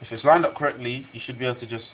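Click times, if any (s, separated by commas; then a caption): none. A RAM memory module, lined up with the motherboard DIMM slot, is being handled before it is pressed in. Someone talks throughout the clip. Nothing has seated or clicked yet.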